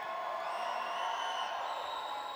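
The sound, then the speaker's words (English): A crowd at the Old Timers Ball screams and cheers in a dense, sustained roar, high-pitched shrieks blending into a steady wall of noise that holds loud and even for the whole stretch. “Right in the middle, let me hear you scream.”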